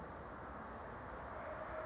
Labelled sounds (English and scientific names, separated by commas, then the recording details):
California Towhee (Melozone crissalis)
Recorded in Sonoma County, California